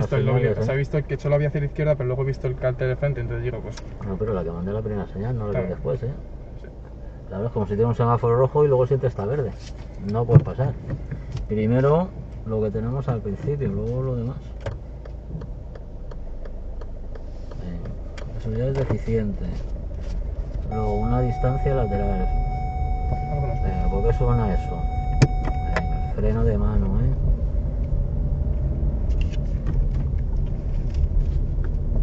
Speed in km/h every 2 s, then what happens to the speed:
0, 0, 0, 0, 0, 0, 0, 0, 0, 2, 9, 11, 11, 13, 15, 15.
0-18 standing. 18-32 pulls away to 15.